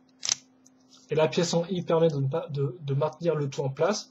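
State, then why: Seated. A round hole in a plastic Bionicle building-toy part is pushed onto the round bar of another part to join a three-part combo model, and it engages very quickly. A sharp snap is heard at 0.3 s as the part seats onto the bar, followed by someone talking from about 1.1 s to the end.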